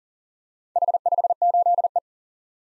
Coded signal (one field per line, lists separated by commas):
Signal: Morse code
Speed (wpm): 38 wpm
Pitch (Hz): 700 Hz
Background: none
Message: H58E